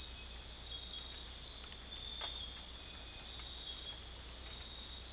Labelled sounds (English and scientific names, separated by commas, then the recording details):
none
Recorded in dense forest near Puerto Asís, Putumayo, Colombia, on 21 December 2024 at 04:00
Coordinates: 0.485, -76.318
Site GP03